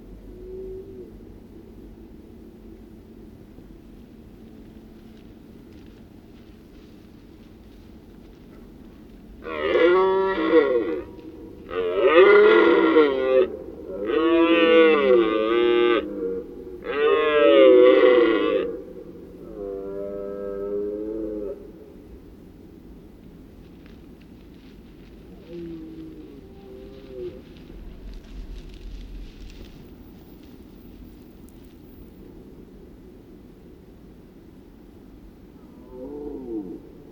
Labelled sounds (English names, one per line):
Red Deer call